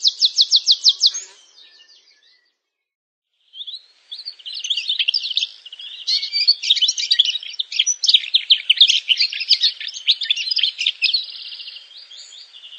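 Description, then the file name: Canary song: a fast rattling trill, a short pause, then a long dense stream of buzzy rolls and chirps. "Canary Voice"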